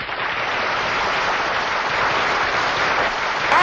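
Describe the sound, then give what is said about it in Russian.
Steady, loud applause from a crowd for William Shakespeare as the curtain falls, a dense wash of clapping that holds at an even level throughout, with no voices standing out. “Аплодисменты великому и прекрасному Вильяму Шекспиру.”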